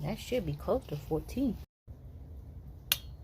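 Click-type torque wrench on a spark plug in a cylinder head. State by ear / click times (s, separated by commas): torque reached / 2.9 s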